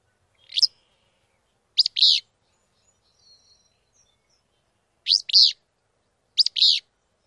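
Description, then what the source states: Willow Flycatcher song: a single note, then three brisk, burry two-note phrases with pauses of one to three seconds. Full song, sometimes called dawn song, including a free beer plus a Jeep phrase; song rendered as fitz-bew, Pete's beer or free beer.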